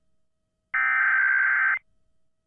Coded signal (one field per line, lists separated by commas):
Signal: Emergency Alert System (SAME) tones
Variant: header bursts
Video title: Real CT Amber Alert EAS Audio (6/1/2021)